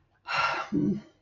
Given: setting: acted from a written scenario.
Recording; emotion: vocal sound without words; contentment